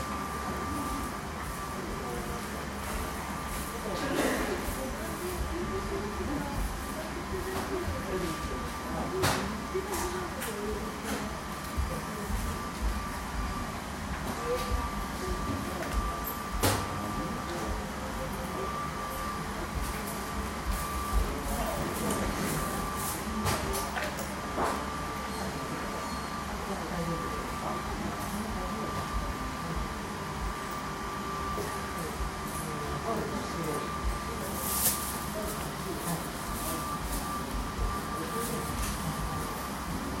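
At a public bathhouse reception desk, a steady high whine and low hum persist while faint voices, clicks and knocks come and go.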